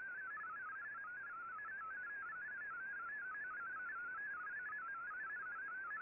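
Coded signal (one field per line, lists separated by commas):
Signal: multi-tone FSK (Olivia or MFSK type)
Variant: MFSK32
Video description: Here is my decode of the Shortwave Radiogram broadcast today on 15770Khz shortwave radio at 1300UTC in MFSK32 and 64 with 9 SSTV images.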